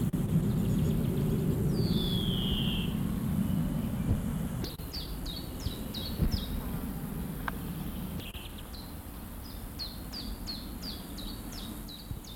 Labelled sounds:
Common Chiffchaff

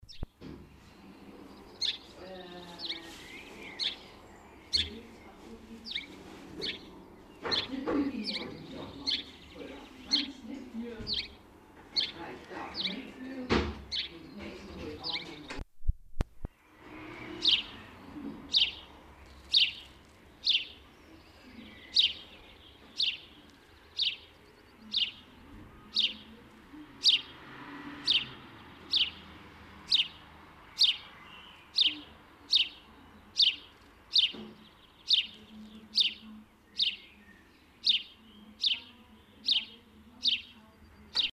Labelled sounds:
House Sparrow song

